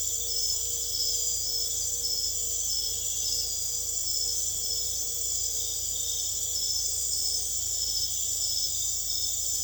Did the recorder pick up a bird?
no